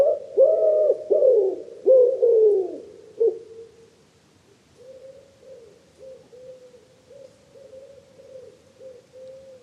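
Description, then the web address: Wood pigeon with a run of loud hoarse coos that breaks off, then a quieter string of rapid, even coos. "cianscape. Deverinetal 2025. Bird Only"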